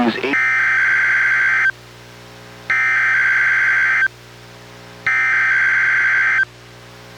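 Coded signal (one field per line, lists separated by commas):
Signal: Emergency Alert System (SAME) tones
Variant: header bursts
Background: speech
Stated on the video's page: NOAA Weather Radio required weekly test relayed by transmitter, recorded from a Reecom R-1630 weather radio through a Zoom H1 recorder.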